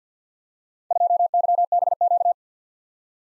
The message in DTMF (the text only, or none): none